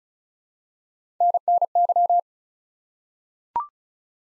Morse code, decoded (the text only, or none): NNY